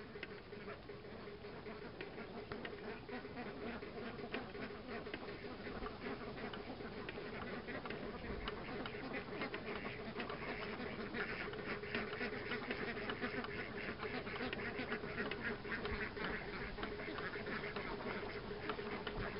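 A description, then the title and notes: Ducks quack in a dense, continuous chorus across a rice paddy, with rattling clicks and a steady low hum of water underneath. Indonesia - rice paddy ducks and water. Ducks, water sounds and wind driven noise makers in rice paddies in the country east of Ubud on the island of Bali, Indonesia.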